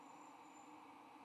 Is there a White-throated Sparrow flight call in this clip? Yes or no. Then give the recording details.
no. No flight call is heard. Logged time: 08:08 on 15 November 2014